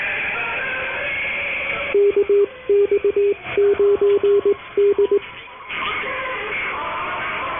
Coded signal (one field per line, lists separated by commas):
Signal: Morse code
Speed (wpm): 20 wpm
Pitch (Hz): 400 Hz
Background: radio noise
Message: KX9D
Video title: Amateur Radio 40 Meters Live - 7200 kHz | Amateur Radio | Shortwave Radio